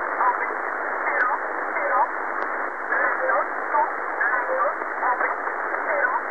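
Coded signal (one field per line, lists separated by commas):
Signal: numbers station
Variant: E11, English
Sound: faint voice speaking short words, buried in heavy shortwave static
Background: radio static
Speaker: This is E11, the Polish number station. There are two frequencies here. The first one is a little bit weak. The second one is much clearer.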